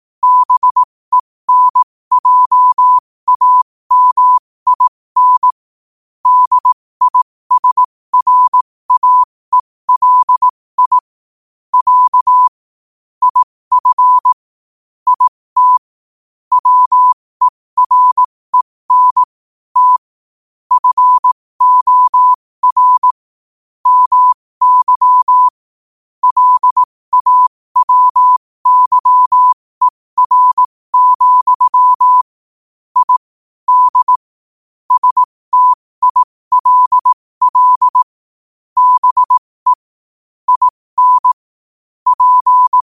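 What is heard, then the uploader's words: Morse code keyed at a steady, moderate pace: a single clean mid-pitched tone switching on and off in short dots and longer dashes, grouped into characters with brief gaps between. It runs continuously for the whole recording over near-total silence, with nothing else audible. 15 WPM morse code quotes. Morse Code at 15 words per minute.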